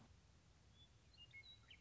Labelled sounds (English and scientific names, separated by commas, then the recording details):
Western Meadowlark (Sturnella neglecta)
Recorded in Sonoma County, California